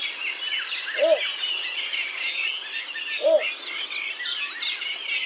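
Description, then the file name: Little bittern giving short, deep, barking hoots about two seconds apart, two heard, over a dense chorus of other birds. "baczek"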